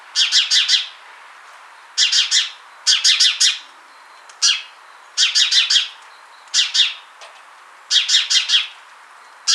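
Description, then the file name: House sparrow chirping in quick bursts of one to five high, harsh notes, with short pauses between bursts. "Passer domesticus"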